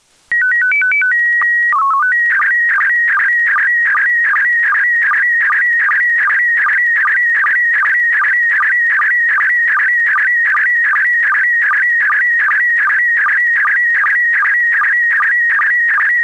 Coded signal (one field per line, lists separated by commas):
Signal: SSTV (slow-scan television)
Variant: PD 50